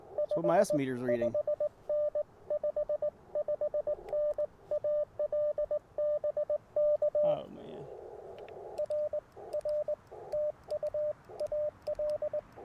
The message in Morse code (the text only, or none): 55N 55N AL BK RR TU AL